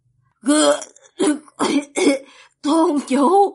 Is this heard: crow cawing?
no